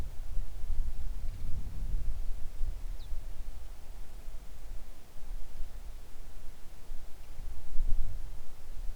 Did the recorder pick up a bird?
yes